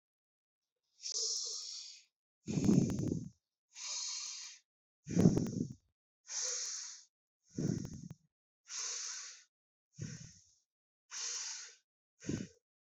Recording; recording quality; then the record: deep breathing; excellent, no background noise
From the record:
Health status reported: healthy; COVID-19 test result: not tested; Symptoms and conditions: none ticked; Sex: male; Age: 28 years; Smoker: not ticked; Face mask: not worn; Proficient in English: yes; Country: India